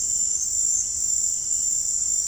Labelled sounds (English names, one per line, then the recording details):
none
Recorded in pastures near Puerto Asís, Putumayo, Colombia, on 21 March 2025 at 17:30
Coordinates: 0.502, -76.324
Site GP07